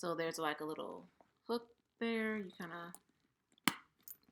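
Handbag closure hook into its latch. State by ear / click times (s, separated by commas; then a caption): seated / 3.7 s. Someone talks while hooking the small metal hook of a leather shoulder bag's closure into its latch. A single sharp snap at 3.7 seconds marks the hook seating in place.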